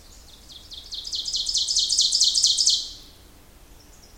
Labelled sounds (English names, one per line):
Ovenbird song